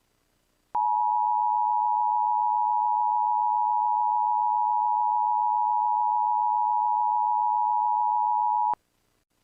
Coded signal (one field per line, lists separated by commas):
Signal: Emergency Alert System (SAME) tones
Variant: 853 and 960 Hz attention tone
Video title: EAS Scenario: Mobius City Airport Hostage